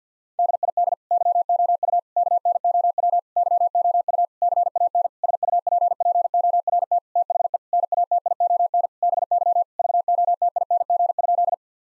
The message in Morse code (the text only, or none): DID YOU KNOW YOU CAN SUPPORT THE NATION BY VOTING?